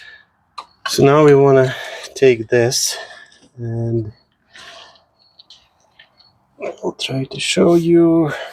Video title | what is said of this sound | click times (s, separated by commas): 2010-2016 Cadillac SRX Rear Differential Clutch Pump Replacement - Service Rear Axle Code C0407 | this pig piece back in place until it clicks | 0.6 s